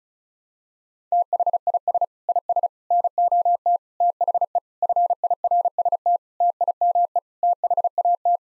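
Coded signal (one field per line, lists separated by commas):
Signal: Morse code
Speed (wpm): 34 wpm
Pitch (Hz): 700 Hz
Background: none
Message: THIS IS NOT THE FIRST TIME THAT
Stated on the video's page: Morse practice sending sets of 8-word groups at 35 wpm for head-copy, each set sent, spoken, then sent again.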